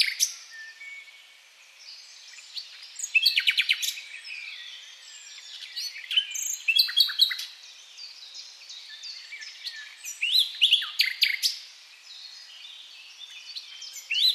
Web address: SETE data Luscinia megarhynchos